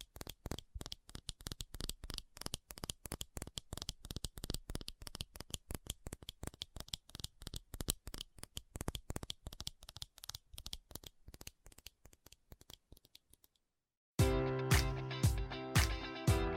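Fast tapping runs for the first thirteen seconds, a dense, uneven patter of crisp clicks that thins slightly toward the end. After a brief silence, a louder passage begins, with steady ringing tones and sharp taps landing at a regular beat.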